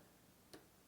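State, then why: Seated. On a Husqvarna Viking EPIC 2 sewing machine, with the bobbin in the bobbin case, the bobbin thread is pulled in at about six o'clock under a finger. A single small, sharp click sounds at 0.5 s over a faint background hiss. The thread has snapped into the bobbin case tension spring guide and is seated.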